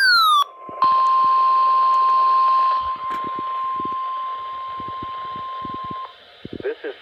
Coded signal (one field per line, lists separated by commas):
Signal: Emergency Alert System (SAME) tones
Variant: 1050 Hz attention tone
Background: speech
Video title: YOUR EARLY!!!! RWT 11/24/21 EAS# 003